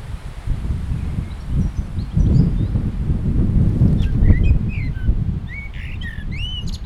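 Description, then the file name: Common blackbird song: short fluty whistled phrases with high squeaky notes in the second half, over a steady low rumble. Recorded very close. "Kos z bardzo bliska oraz inne ptaki"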